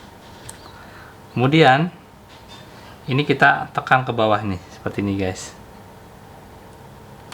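A laptop RAM module is being handled at its memory slot, the stage before it is pressed down at an angle until the side retaining clips lock automatically with a click. Someone talks, and two brief faint ticks occur near 0.5 s and 7.3 s. Nothing has seated or clicked yet; the module is not home in its slot.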